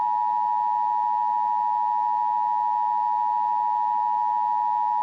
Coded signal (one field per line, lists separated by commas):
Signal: Emergency Alert System (SAME) tones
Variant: 853 and 960 Hz attention tone